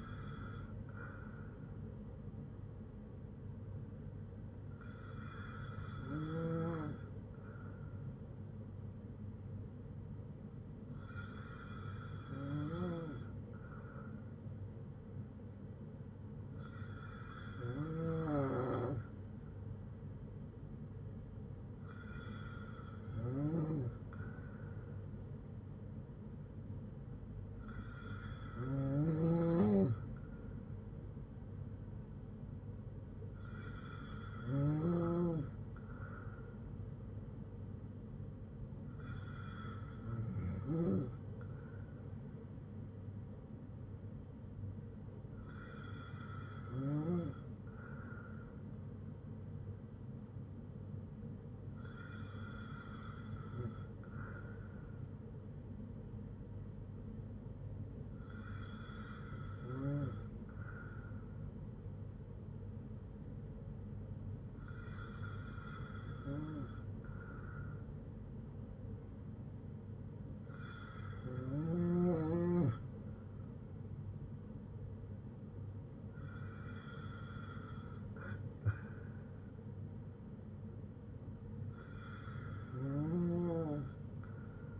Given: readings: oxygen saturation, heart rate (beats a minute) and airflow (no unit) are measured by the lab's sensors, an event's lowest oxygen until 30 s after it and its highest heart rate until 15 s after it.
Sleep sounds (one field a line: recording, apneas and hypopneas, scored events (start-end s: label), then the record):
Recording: breathing in sleep by a smartphone at the bedside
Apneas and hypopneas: none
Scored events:
none scored
From the record:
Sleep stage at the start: N2 (light sleep)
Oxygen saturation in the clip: 93 to 95%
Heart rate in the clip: 54 to 64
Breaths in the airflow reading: 15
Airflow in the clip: -5.5 to 4.5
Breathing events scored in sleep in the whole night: 182 in 7.4 hours asleep